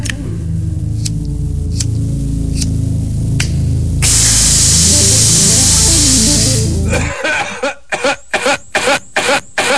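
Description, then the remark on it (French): A lighter is struck with several sharp, evenly spaced clicks over a low hum, then a loud steady hiss of gas, followed by a quick run of rhythmic rasping bursts. “Le briquet.”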